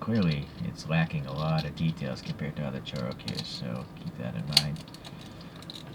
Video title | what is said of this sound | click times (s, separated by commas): Tooned Subaru Alcyone XT by ChoroQ & wheelswap custom | all right so i got that snapped back | 5.7 s